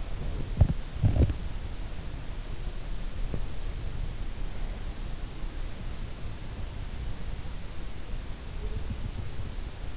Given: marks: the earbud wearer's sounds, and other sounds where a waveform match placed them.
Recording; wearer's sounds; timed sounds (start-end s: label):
sounds in sleep by an in-ear microphone; teeth grinding
0.00-2.05 s: teeth grinding